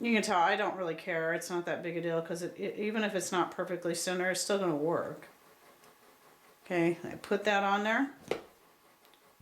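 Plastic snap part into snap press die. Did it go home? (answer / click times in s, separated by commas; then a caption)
yes / 8.3 s. A plastic snap piece is pushed down into the snap press die, and a sharp snap at 8.3 seconds shows it has seated properly. Someone talks for most of the clip before a pause, and a couple of faint taps follow near the end.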